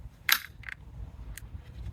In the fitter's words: push it till it snaps in place, and